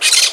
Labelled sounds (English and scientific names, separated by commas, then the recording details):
Brown-throated Parakeet (Eupsittula pertinax) contact call
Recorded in Margarita
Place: Just E of turn-off to San Francisco, near mirador
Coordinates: 11.058, -64.282